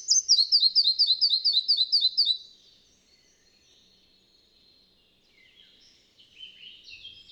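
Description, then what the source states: Red-breasted flycatcher song: a rapid, even series of paired high chirping notes lasting about two seconds, followed by softer, varied notes. Bavarian Forest, Germany, 31 May 2015.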